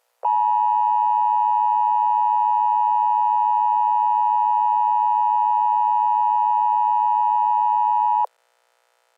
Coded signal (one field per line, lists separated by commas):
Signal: Emergency Alert System (SAME) tones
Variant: 853 and 960 Hz attention tone